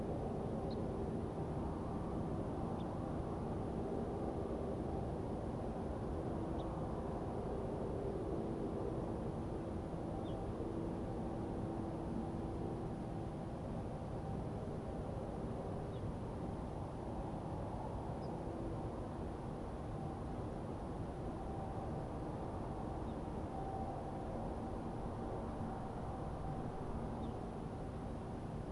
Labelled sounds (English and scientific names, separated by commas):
Ortolan Bunting (Emberiza hortulana)